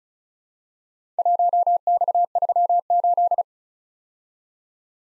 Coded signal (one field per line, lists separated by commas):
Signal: Morse code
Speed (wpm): 36 wpm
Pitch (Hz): 700 Hz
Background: none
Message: 1X38